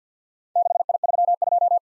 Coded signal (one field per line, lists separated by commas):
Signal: Morse code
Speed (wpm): 51 wpm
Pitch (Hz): 700 Hz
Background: none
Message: 6I32